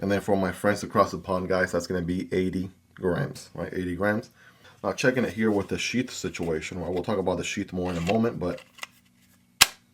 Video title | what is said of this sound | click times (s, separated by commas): BLADES LIKE THIS ARE MEANT FOR BUSINESS! (Kizer Hidden Agenda) | there we go. We get a satisfying click. | 9.6 s